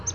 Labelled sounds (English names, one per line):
Palm Warbler flight call